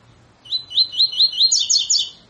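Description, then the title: Double-collared seedeater singing rising whistled notes, then a brief faster trill at the end of the phrase. Tutor song used to train birds; 'tui tui fibra' song style. "COLEIRO TUI TUI FIBRA CANTO PROFESSOR"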